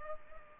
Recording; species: mosquito wingbeat signal from an infrared sensor; Culex pipiens